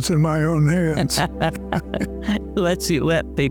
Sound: they laugh